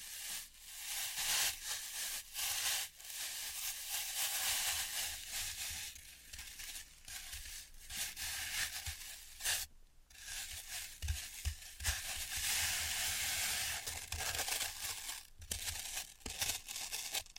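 Floral foam being crushed and cut, a dense, crackly hiss running almost the whole time with bright, gritty texture. Short gaps break it up around the 2, 7 and 10 second marks. Low thumps come through now and then, especially near the middle and end.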